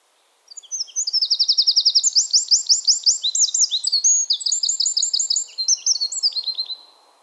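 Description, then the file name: Eurasian wren song, a loud rapid sequence of high buzzy trills and sharp repeated notes, shifting in pitch and speed for about six seconds. "Troglodytes troglodytes"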